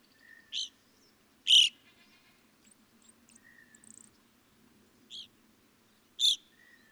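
Evening grosbeak calls: a few sharp chirps at irregular intervals over a soft, noisy background.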